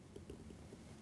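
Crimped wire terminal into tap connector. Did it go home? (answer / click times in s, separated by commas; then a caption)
no / none. The crimped terminal on a red feeder wire is being handled at a red wire-tap connector, lined up in the correct orientation before being pushed in. A few faint, soft taps and rustles sit over low background noise, the most noticeable at 0.3 s. Nothing has seated or clicked yet.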